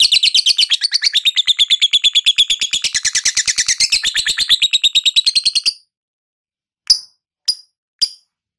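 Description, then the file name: Lovebird ngekek trill, a long rapid buzzy chatter of shrill notes for about six seconds, then silence and three sharp single chirps. Ngekek trill song style. "suara burung lovebird ngekek"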